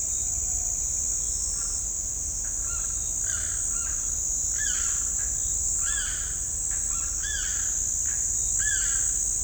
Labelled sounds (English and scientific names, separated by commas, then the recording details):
Limpkin (Aramus guarauna)
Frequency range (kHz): Limpkin (Aramus guarauna) 1.1-5.3 kHz
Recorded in shrubland near Pivijay, Magdalena, Colombia, on 5 June 2023 at 05:00
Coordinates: 10.453, -74.365
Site P5-G022